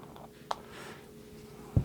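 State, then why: Seated. A plastic part from a restored 1990 G.I. Joe Hammerhead vehicle is pushed into a spare, rougher matching piece that will hold it while it is painted. It pops in with a sharp click at 0.5 s, followed by a low thump near 1.8 s, and it seats and holds firmly.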